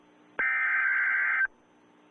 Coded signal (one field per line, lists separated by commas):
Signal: Emergency Alert System (SAME) tones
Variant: header bursts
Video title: Another eas alert